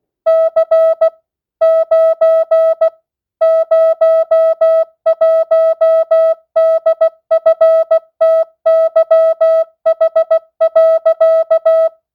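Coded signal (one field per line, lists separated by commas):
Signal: Morse code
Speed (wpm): 16 wpm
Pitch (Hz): 650 Hz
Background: music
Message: C 9 01DFTYH.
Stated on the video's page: Morse receiving practice at 16 wpm, non-Farnsworth, with variable word length.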